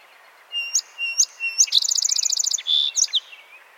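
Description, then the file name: Song sparrow song: three loud whistled notes, a fast rattling trill, a buzzy middle note and short sharp final notes, then quiet. "Melospiza melodia - Song Sparrow"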